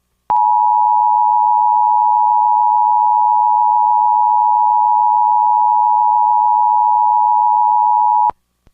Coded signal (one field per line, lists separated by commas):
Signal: Emergency Alert System (SAME) tones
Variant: 853 and 960 Hz attention tone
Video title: EAS Mock: Another Michigan EAS Test (Requested)